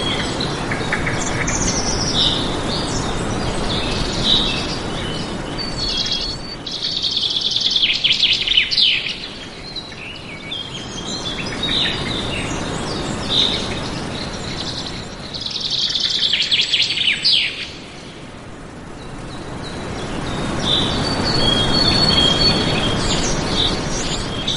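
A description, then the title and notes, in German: Several birds sing together in a busy chorus, with bright, rapid chirps and trills clustering in bursts around 3, 7–9, 15–17 and 21–23 seconds. A low, steady rumble of background noise runs underneath, swelling and easing throughout. Harmonische Vogelsymphonie. Die einzigartigen Gesänge verschiedener Vogelarten verschmelzen zu einer beruhigenden Melodie.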